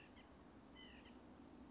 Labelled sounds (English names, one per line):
White-breasted Nuthatch